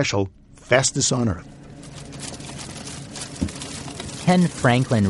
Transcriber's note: sound of opening freezer and rooting around